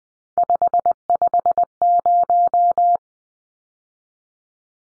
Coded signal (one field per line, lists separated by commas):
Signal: Morse code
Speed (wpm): 20 wpm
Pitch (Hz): 700 Hz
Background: none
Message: 550